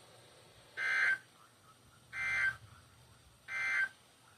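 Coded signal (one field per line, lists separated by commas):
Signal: Emergency Alert System (SAME) tones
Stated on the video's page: Real Required Weekly Test alerts captured over one day.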